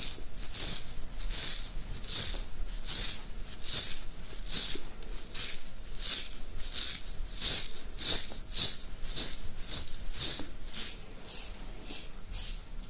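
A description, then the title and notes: Beard scratching: a steady run of quick, raspy strokes, roughly one or two every second across the whole stretch. Each stroke is a bright, hissy scrape, with a faint low rumble and a thin steady hum underneath. ASMR INSANE BEARD SCRATCHING.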